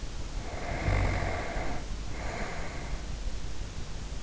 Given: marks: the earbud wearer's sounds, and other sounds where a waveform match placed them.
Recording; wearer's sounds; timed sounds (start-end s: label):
sounds in sleep by an in-ear microphone; snoring breath
0.27-3.20 s: snoring breath